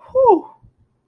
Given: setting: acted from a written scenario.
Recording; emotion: vocal sound without words; relief